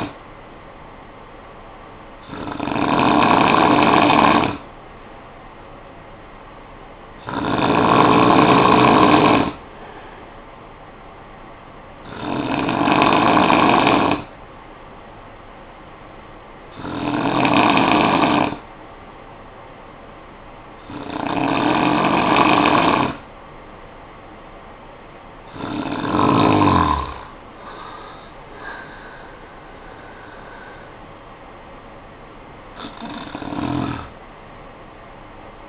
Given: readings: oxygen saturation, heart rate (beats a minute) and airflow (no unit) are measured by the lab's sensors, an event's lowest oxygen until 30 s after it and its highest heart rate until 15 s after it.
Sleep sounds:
breathing in sleep by a voice recorder at the bedside; none
30.00-35.69 s: new sleep stage, N2 (light sleep)
From the record:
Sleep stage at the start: N3 (deep sleep); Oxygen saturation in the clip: 93 to 94%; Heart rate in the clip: 52 to 73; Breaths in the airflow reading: 7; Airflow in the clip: -11.0 to 8.3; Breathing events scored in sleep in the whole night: 445 in 7.6 hours asleep

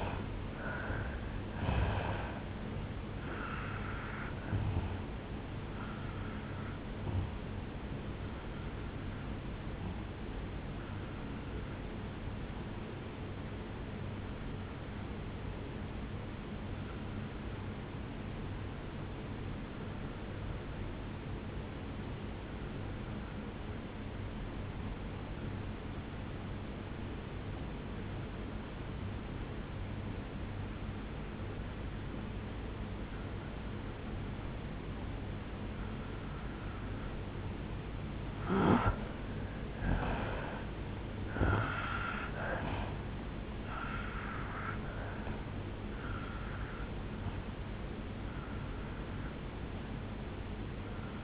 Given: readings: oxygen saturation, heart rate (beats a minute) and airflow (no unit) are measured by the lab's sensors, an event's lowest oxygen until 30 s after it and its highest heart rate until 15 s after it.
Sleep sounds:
breathing in sleep by a voice recorder at the bedside; 1
9.00-37.70 s: hypopnea (N1, oxygen 96% highest, then 85% lowest, heart rate 72 at the start, 74 highest)
From the record:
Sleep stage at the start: N1 (lightest sleep); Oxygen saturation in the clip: 85 to 96%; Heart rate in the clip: 60 to 76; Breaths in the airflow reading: 9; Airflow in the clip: -8.4 to 5.4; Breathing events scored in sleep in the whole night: 449 in 7.0 hours asleep

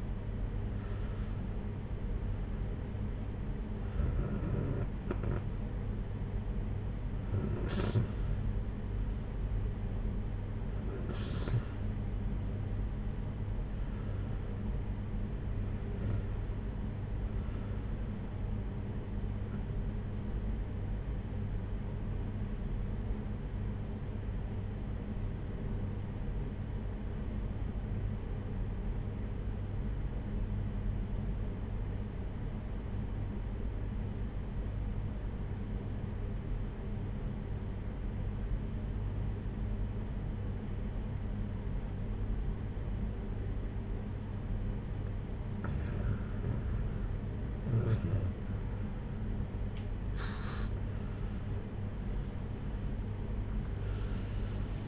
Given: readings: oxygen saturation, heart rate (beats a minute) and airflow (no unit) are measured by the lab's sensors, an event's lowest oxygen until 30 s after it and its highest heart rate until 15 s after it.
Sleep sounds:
breathing in sleep by a smartphone at the bedside; 1
22.00-46.20 s: obstructive apnea (REM, oxygen 95% highest, then 86% lowest, heart rate 58 at the start, 76 highest)
From the record:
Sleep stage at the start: REM sleep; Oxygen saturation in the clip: 89 to 95%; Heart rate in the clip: 58 to 71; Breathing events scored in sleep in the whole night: 226 in 8.8 hours asleep

